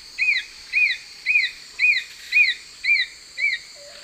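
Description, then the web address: Brown nunlet song: evenly spaced, slurred whistled notes that rise then fall, repeated roughly twice a second against a steady background of insect buzzing. Recorded in the eastern lowlands of South America. "Natures Songs S America Eastern Lowlands Nonnula brunnea, song"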